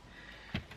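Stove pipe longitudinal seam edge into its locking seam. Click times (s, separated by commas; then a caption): 0.7 s. A sheet-metal stove pipe is assembled by pressing its snap-lock longitudinal seam closed along its length while it is held with the feet. Over a faint steady background, a dull low thump comes at about 0.5 s, then a short, sharp snap at 0.7 s as the seam edge locks home into its seam.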